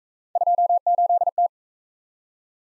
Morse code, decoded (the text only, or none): 28T